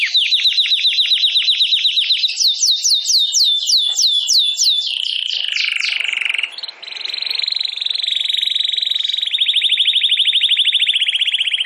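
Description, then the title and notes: Domestic canary song of rapid trills and repeated sweeping notes, briefly broken by a rough passage, then a long high even roll. Belgian canary singing; the bird or its song is called Campainha. "Canário Belga Campainha Canary Singing. Canario Belga Cantando"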